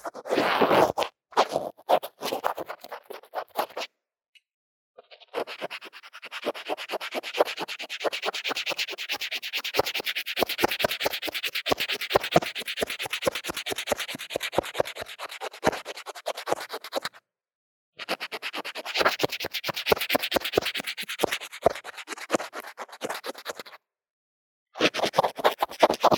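Dense, rapid scratching and rubbing of drawing strokes, bright and crackly, continuing in bursts with brief silent gaps near 4, 17 and 24 seconds.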